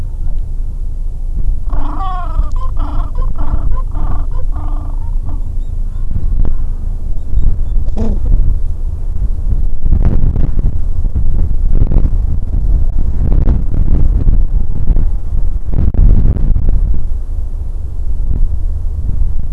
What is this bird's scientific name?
Pygoscelis papua